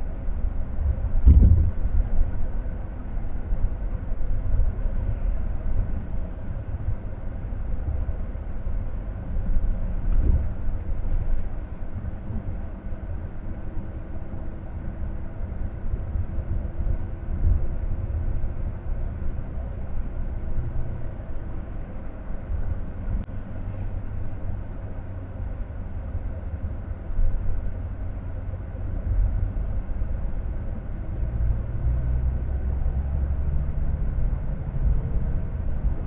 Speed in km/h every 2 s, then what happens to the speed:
41, 40, 37, 32, 29, 29, 32, 32, 35, 36, 35, 27, 27, 26, 27, 29, 39, 46.
3-8 slows to 29. 8-18 speeds up to 36. 20-22 brakes to 27. 22-28 steady at about 27. 28-36 speeds up to 46.